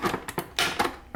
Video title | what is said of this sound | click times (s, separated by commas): Boost Your Weight Loss Journey with Carrot and Lime Juice Recipe | did you hear that click that's how you know it's locked | 0.6 s